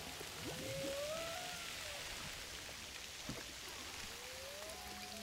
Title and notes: Humpback whales off Saint Paul. baleines à bosse au large de saint paul forte houle